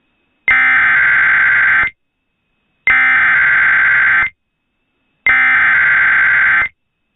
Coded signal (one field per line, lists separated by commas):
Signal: Emergency Alert System (SAME) tones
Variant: header bursts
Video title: SVR in Ohio/WV from 11/29/21 | EAS Mock #22